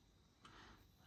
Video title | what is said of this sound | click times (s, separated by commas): Audi A3 A4 A5 Key Fob Battery Replacement | so it clicks in place. | 0.5 s